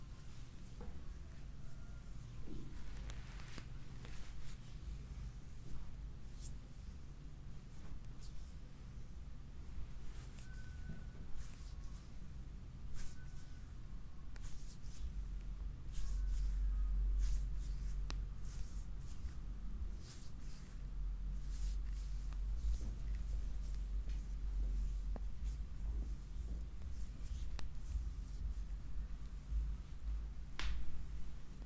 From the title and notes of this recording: ASMR relaxing oil foot massage in chair.